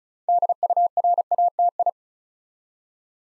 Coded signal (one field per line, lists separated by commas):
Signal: Morse code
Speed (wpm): 36 wpm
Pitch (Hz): 700 Hz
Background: none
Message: DURATI